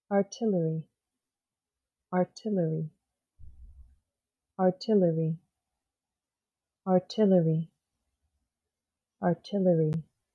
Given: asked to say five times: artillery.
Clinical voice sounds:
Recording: repeated word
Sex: female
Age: 30 to 39 years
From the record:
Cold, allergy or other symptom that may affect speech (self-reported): no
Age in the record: 35 years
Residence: United States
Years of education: 18

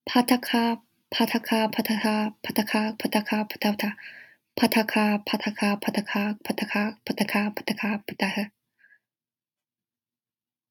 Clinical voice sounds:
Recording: repeated syllables /pa ta ka/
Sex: female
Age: 20 to 29 years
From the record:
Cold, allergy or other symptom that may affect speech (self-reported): no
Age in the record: 21 years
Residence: New York, United States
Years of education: 12

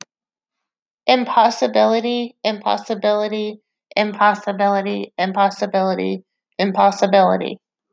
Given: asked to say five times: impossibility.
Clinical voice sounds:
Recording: repeated word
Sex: female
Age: 40 to 49 years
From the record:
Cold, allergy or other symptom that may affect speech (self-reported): no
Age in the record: 40 years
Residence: North Carolina, United States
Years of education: 14

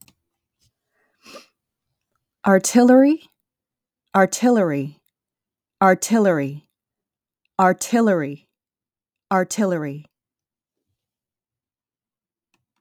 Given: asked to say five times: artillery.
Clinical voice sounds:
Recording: repeated word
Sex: female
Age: 20 to 29 years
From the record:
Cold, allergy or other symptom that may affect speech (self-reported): no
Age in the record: 29 years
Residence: California, United States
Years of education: 16

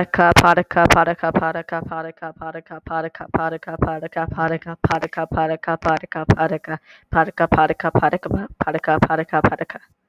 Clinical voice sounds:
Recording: repeated syllables /pa ta ka/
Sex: male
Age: 20 to 29 years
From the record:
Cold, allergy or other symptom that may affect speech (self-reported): no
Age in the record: 25 years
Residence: Georgia, United States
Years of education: 21

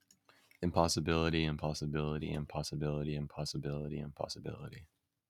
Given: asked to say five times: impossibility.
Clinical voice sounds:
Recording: repeated word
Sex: male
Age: 18 to 19 years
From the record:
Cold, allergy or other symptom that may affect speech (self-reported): no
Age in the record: 18 years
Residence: California, United States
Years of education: 13

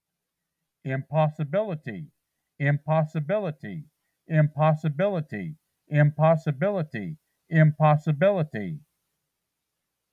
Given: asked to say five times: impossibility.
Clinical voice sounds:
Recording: repeated word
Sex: male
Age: 50 to 59 years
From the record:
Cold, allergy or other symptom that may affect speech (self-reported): no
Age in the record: 57 years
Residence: North Carolina, United States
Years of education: 21

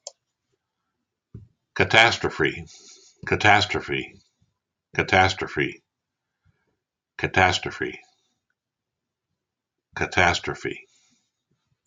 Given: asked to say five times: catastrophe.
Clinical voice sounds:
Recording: repeated word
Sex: male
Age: 60 to 69 years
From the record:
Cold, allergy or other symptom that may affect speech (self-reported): no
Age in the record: 67 years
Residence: Maryland, United States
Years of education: 16

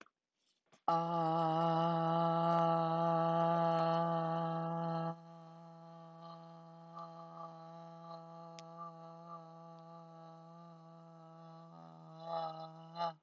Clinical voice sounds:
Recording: vowel held as long as possible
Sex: female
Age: 50 to 59 years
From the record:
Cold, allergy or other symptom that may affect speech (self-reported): no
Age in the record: 54 years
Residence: United States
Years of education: 17

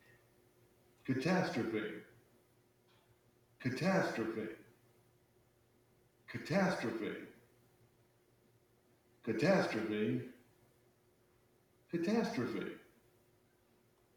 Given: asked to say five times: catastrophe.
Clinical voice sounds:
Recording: repeated word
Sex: male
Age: 30 to 39 years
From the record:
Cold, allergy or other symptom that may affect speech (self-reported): no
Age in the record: 33 years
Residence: Connecticut, United States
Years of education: 17

